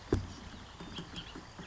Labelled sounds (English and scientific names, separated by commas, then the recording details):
Bullock's Oriole (Icterus bullockii)
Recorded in Sonoma County, California